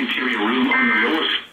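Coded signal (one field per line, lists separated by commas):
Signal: Emergency Alert System (SAME) tones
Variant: end-of-message bursts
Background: speech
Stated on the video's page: Weather radio EAS alerts.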